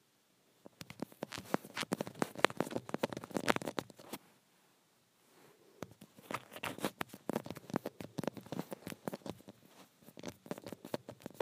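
Acrylic nails tap and scratch rapidly on a phone screen in dense bursts of sharp, bright clicks. One flurry runs from just under a second to about four seconds, then after a short silence a second stretch continues to the end, uneven and busy.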